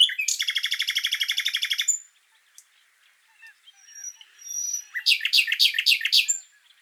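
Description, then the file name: Common nightingale song: a fast buzzing rattle of evenly repeated notes for two seconds, a quiet gap, then a burst of rapid varied chirps and trills. "Luscinia megarhynchos"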